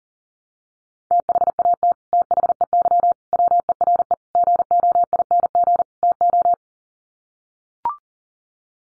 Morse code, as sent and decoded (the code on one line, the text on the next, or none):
- .... .- - / - .... . -.-- / .-- . .-. . / --. --- .. -. --. / - ---
THAT THEY WERE GOING TO